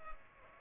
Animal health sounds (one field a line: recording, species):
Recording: mosquito wingbeat signal from an infrared sensor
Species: Culex pipiens